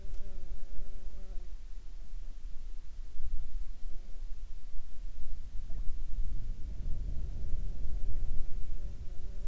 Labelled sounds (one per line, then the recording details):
insects
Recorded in the Prudhoe Bay oil fields, Alaska, on 29 July 2019 at 19:26
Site 21